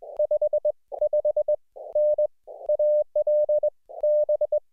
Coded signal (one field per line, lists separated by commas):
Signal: Morse code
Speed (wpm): 20 wpm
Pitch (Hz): 600 Hz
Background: none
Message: 5 5 N AL B